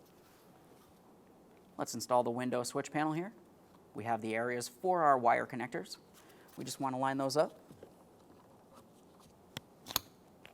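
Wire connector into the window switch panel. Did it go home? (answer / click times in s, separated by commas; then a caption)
yes / 9.6 s, 10.0 s. Someone talks while wire connectors are lined up and pushed into the window switch panel of a 2014-2018 Mazda 3. Sharp clicks at 9.6 s and 10.0 s mark the connector seating in the panel, which is then checked with a light tug.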